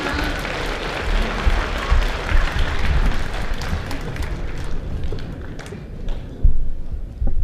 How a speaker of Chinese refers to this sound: 下边呢又是对口相声了，而且呢这个演员是非常重量级的，甭管是这个资历啊还是体型啊分量啊都是重量级的。咱们掌声有请著名相声表演艺术家李金斗老师